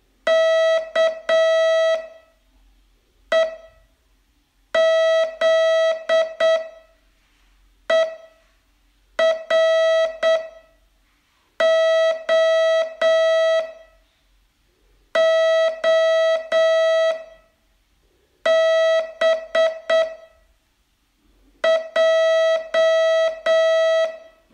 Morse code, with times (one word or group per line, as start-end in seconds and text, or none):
0.3-2.0 K
3.3-3.5 E
4.7-6.6 Z
7.9-8.1 E
9.2-10.4 R
11.6-13.6 O
15.2-17.1 O
18.5-20.0 B
21.6-24.1 J